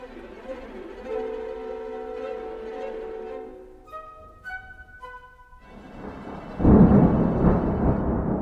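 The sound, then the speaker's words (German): Sustained tones and a few bright, bell-like notes give way to a sudden loud roar of heavy rain with deep thunder rumbling through the final seconds. “Der Regen.”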